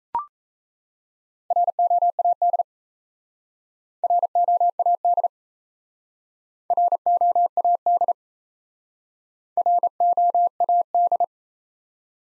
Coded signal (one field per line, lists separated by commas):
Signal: Morse code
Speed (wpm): 36 wpm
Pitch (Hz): 700 Hz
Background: none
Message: ROAD ROAD ROAD ROAD